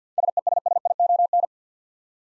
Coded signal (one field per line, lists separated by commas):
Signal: Morse code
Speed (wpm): 52 wpm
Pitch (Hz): 700 Hz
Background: none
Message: SESSION